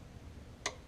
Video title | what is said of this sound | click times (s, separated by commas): How to Change Oil, Oil Filter & Air Filter! 2006 Jeep Grand Cherokee WK | hear that click | 0.7 s